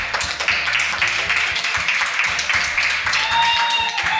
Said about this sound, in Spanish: Bueno, ¿le podemos dar un aplauso acá a la compañera?